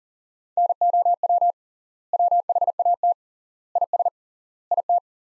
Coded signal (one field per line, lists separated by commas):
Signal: Morse code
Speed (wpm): 40 wpm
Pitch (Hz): 700 Hz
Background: none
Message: NOW WHAT IS IT